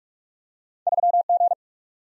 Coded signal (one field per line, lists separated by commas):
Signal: Morse code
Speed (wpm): 44 wpm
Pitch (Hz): 700 Hz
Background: none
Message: 3 G